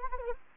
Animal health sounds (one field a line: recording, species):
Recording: mosquito wingbeat signal from an infrared sensor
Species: Anopheles gambiae